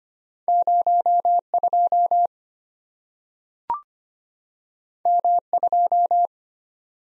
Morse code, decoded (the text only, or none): 02 M2